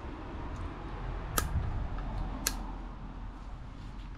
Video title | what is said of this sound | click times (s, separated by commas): D4 Audi A8 Air Spring ONLY replacement. | not all the way in a Groove I gotta lift it back up a little bit | 2.5 s